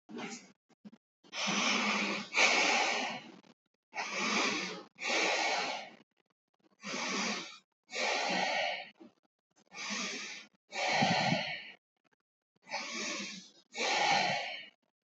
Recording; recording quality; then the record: deep breathing; excellent, no background noise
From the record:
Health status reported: healthy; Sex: male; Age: 59 years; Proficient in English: yes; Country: India